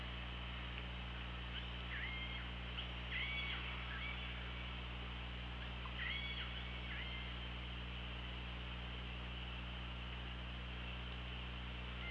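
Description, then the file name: Orca calls: several short harmonic calls in a few bursts over the first seven seconds, against constant low hum and water noise. OrcaLab hydrophone recording, 24 August 2017, about 18:54. "Orca Lab UTLN JASON 20170824 185424 ORCALABDYNI"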